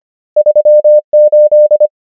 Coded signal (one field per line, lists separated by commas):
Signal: Morse code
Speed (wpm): 25 wpm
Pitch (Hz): 600 Hz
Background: none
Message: 3 8